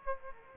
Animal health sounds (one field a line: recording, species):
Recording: mosquito wingbeat signal from an infrared sensor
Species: Aedes aegypti